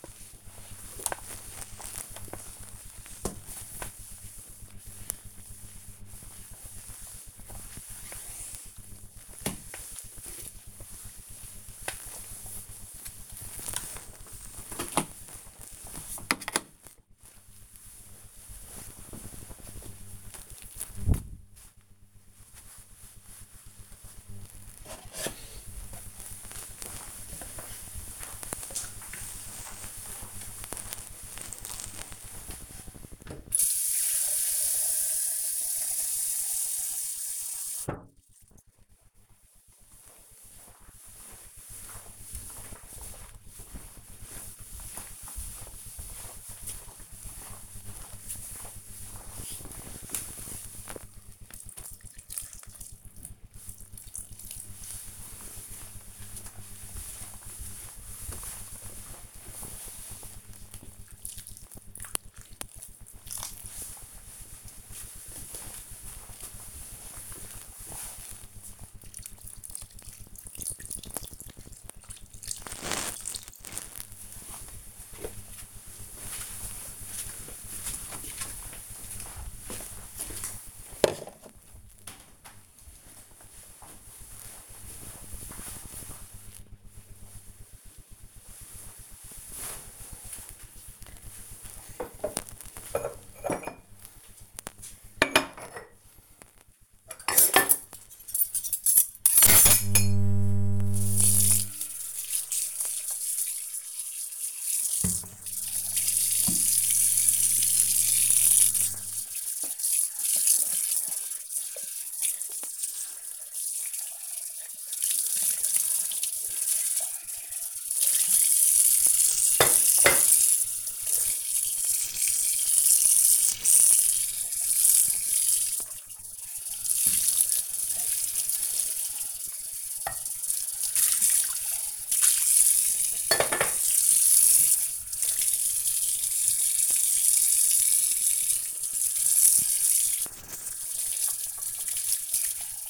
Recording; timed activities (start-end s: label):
household activities, microphone on the right wrist
0.00-14.63 s: floor cleaning
23.70-74.06 s: watering plant
89.14-142.90 s: washing dishes